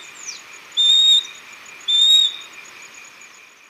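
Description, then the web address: Western wood-pewee calls: two short whistled notes about a second apart over a steady high hiss. Ecuador. "Birds of Ecuador. Western Wood-Pewee"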